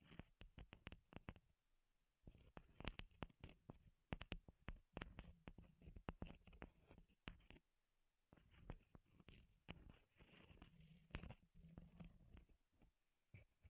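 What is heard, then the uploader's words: Wood triggers: rapid sharp taps and knocks in quick bursts, with soft low scraping and rubbing between them and brief pauses near two and eight seconds. ASMR Wood Triggers in Your Ears (No Talking).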